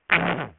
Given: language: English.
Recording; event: throat vibration sensor signal played as sound; throat clearing